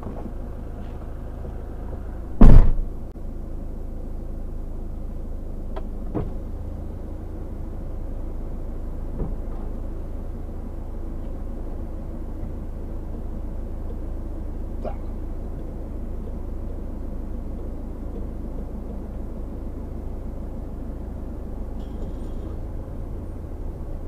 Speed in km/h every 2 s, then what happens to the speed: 0, 0, 0, 0, 0, 0, 0, 0, 0, 0, 0, 0.
0-24 standing.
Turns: none.